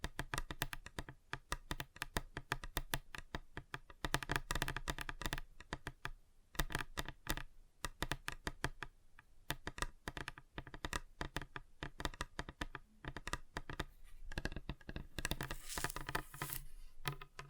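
Fingers tap rapidly on a tabletop, a dense, uneven patter of sharp clicks and knocks much like fast typing. The taps run nearly continuously with brief pauses around 6 and 12 seconds, and the strikes turn brighter and scratchier near the end.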